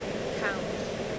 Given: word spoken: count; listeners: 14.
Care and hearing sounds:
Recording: one English word in noise, from a listening test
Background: speech-shaped noise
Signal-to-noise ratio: -5.8 dB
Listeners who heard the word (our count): 2 of 14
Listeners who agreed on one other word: 9 of 14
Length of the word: 0.79 s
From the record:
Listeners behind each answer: 9, 2, 1, 1, 1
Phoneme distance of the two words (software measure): 20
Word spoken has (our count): 1 syllable, 4 phonemes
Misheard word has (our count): 1 syllable, 4 phonemes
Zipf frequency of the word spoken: 4.71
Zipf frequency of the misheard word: 4.51

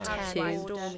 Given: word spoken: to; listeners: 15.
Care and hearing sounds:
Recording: one English word in noise, from a listening test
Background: four-talker babble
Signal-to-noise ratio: -0.2 dB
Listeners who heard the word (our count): 1 of 15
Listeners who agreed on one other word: 9 of 15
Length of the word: 0.58 s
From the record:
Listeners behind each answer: 9, 1, 1, 1, 1, 1, 1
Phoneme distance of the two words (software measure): 14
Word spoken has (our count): 1 syllable, 2 phonemes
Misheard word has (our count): 2 syllables, 4 phonemes, stress on syllable 2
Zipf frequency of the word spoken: 7.42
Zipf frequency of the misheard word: 3.78

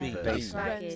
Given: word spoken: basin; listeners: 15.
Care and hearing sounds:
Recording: one English word in noise, from a listening test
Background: four-talker babble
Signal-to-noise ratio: -1.4 dB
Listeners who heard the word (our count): 0 of 15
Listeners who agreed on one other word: 7 of 15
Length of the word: 0.56 s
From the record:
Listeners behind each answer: 7, 1, 1, 1, 1, 1, 1, 1, 1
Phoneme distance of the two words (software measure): 24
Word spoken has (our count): 2 syllables, 4 phonemes, stress on syllable 1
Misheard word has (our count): 1 syllable, 2 phonemes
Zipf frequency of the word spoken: 3.48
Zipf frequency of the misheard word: 4.19

